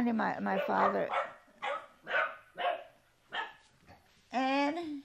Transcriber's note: dog barking